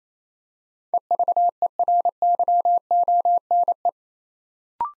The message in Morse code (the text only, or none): EVERYONE